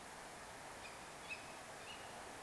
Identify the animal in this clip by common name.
Tawny Owl